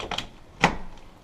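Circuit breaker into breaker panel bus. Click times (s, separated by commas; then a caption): 0.6 s. A plastic-bodied circuit breaker is pushed onto the bus bar of a breaker panel, with a few light clicks and scrapes early on. A loud, sharp snap at 0.6 s marks it seating firmly on the bus.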